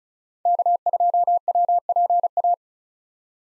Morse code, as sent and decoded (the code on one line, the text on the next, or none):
-.- ..--- .-- .--. .-
K2WPA